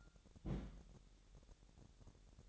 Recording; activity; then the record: daily activity, microphone in the room; place on stove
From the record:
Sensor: 3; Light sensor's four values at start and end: 92/218/90/80 and 92/218/90/80